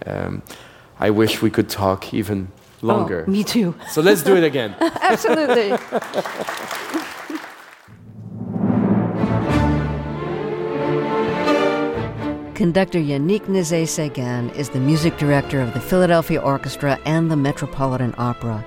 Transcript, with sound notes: I wish we could talk even longer.
Oh, me, too.
So let's do it again.
Absolutely.
(APPLAUSE)
Conductor Yannick Nezet-Seguin is the music director of the Philadelphia Orchestra and the Metropolitan Opera.